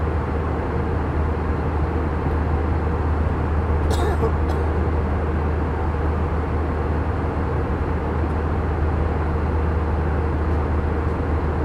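Steady airplane engine drone during a flight, a dense, unchanging roar with a strong low hum underneath. Loudness holds level throughout. Around four seconds two brief bright clicks or rattles cut through, otherwise nothing breaks the continuous mechanical noise.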